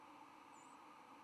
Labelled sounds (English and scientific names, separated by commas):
White-throated Sparrow (Zonotrichia albicollis) flight call